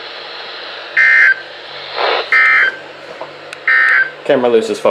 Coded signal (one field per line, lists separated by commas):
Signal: Emergency Alert System (SAME) tones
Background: speech